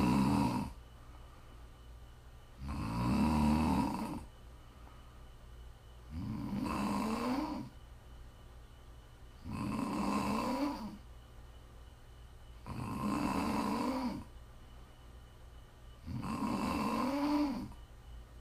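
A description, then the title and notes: Snoring, with six loud rasping snores arriving at a steady pace about every three seconds. Each snore is a low, rattling drone lasting a second or so, separated by softer breathing. A faint low hum runs underneath throughout. ASMR snoring.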